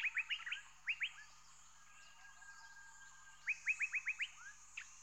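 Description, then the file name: Rainforest birds giving bursts of rapid chirps, with faint thin calls between and an even high-pitched hiss behind. "rain forest birds chatter"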